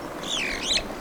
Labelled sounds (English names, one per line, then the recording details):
Superb Starling flight call
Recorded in Kenya